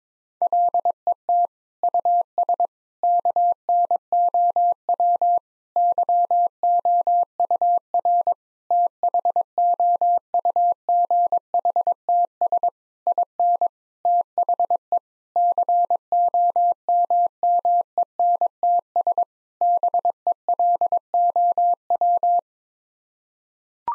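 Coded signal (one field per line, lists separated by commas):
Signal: Morse code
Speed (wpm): 22 wpm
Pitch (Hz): 700 Hz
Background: none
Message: LET US KNOW YOUR THOUGHTS IN THE COMMENTS BELOW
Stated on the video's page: Morse code practice at 22 wpm: sets of nine-word groups for head-copy, each sent in Morse, spoken, then sent again.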